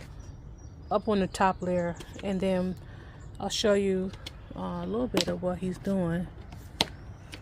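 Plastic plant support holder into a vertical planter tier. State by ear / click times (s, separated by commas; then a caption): seated / 6.8 s. Someone talks while a plastic GreenStalk plant support holder is pushed onto the top tier of a plastic GreenStalk vertical planter, where Brussels sprout plants will need the support. One sharp snap is heard at 6.8 s as the holder seats in place.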